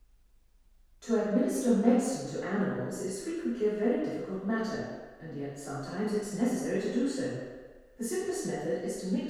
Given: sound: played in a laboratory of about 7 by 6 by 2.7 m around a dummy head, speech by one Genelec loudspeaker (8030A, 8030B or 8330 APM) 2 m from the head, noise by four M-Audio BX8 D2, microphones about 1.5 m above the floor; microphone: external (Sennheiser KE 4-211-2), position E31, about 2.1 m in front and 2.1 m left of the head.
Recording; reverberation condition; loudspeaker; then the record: female speech in English; high; 60 degrees to the right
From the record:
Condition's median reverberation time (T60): about 1300 ms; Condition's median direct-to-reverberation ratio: about -4.0 dB